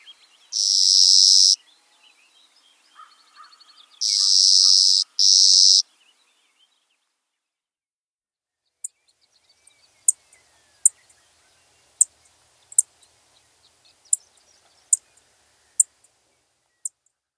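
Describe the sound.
Clay-colored sparrow buzzes: one long buzz, then a longer buzz and a short one a few seconds later, followed by scattered sharp high ticks and clicks.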